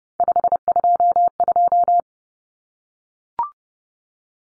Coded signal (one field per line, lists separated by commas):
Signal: Morse code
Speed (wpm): 30 wpm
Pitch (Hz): 700 Hz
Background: none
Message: 522